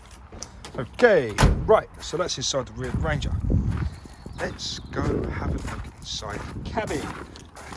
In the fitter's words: nice positive click there as that locks into place okay